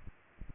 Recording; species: mosquito wingbeat signal from an infrared sensor; Aedes aegypti